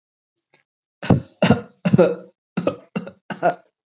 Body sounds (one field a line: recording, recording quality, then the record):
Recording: shallow voluntary cough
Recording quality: excellent, no background noise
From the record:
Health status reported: recovered from COVID-19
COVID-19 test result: positive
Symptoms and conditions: muscle pain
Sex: male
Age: 42 years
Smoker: not ticked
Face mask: not worn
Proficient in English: yes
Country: India